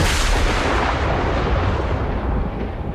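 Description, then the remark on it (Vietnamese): A sudden, loud thunderclap bursts out at once and rolls on as a dense, crackling rumble, its hissing top slowly fading over about three seconds. No voices are heard. “Tiếng sét đột ngột vang lên khiến cho hai người đang giao đấu theo bản năng tạm dừng.”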